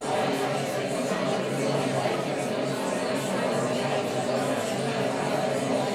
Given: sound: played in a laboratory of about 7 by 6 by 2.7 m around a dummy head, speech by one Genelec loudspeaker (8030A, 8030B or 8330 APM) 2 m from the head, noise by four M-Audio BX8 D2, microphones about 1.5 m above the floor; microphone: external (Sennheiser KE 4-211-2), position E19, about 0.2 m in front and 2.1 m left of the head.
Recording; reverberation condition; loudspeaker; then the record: babble noise; medium; four, about 170 cm from the corners of the room and facing them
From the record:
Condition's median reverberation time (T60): about 510 ms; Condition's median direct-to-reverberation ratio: about -0.5 dB